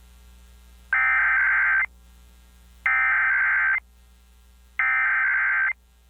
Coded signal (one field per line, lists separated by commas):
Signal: Emergency Alert System (SAME) tones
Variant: header bursts